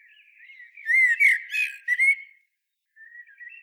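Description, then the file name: Common blackbird sings a loud, mellow whistled phrase with twittering accents, followed after a short pause by a soft trailing warble. "Turdus merula"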